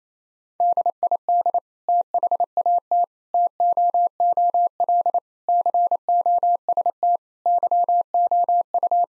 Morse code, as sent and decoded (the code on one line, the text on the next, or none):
-.. .. -.. / - .... .- - / - --- --- .-.. / -.-. --- ... - / -.-- --- ..-
DID THAT TOOL COST YOU